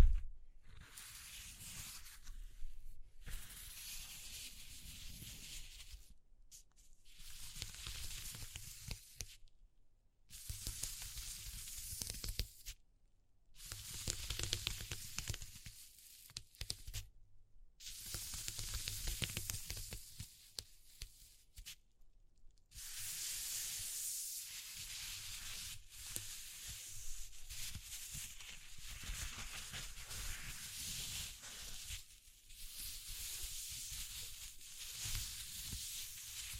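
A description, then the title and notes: Dense, bright hissing and sizzling textures come in bursts, broken by abrupt silent gaps every few seconds during the first twenty. After about 23 seconds the sizzle runs more continuously with only brief dropouts, over a soft low rumble. ASMR Exploring Textures (No Talking).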